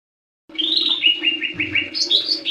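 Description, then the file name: Leafbird song: a continuous run of varied whistles and chirps, the notes climbing higher toward the end, over a low steady hum. "cucak hijau mini. omkicau"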